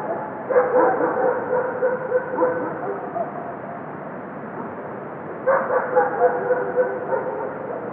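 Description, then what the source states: Dogs howling in overlapping drawn-out bursts, one chorus fading over several seconds before a second outburst begins. At midnight.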